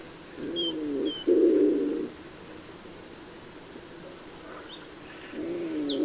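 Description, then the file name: Common wood pigeon cooing, a soft low hooting phrase of a few notes, then a pause and another phrase starting; faint high chirps from small birds in the background. "Colombaccio"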